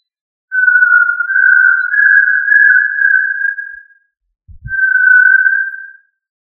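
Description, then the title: Tinamou calling with a long steady whistle, a brief low thump, then a second shorter whistle. "Familia Tinamidae - Quail - Puyuh"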